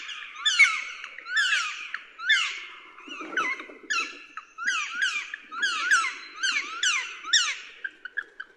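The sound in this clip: Woodpecker calling, a repeated squeaky, sharply inflected note given about ten times over eight seconds, with faint low rustling beneath.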